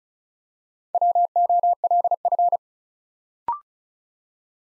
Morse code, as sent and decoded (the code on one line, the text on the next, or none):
.-- --- .-.. ..-.
WOLF